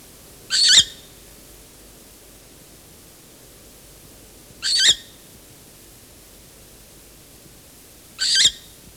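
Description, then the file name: Short-eared owl making three harsh, breathy hiss calls, repeated roughly every four seconds against a calm, quiet background. On a nest with young. "Velduil op een nest met jongen - Sound Cloud - Beeld en Geluid"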